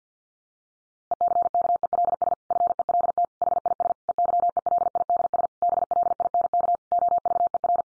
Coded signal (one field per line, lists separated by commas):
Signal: Morse code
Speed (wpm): 50 wpm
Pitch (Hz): 700 Hz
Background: none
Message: ECKELS FELT HIS EYELIDS BLINK OVER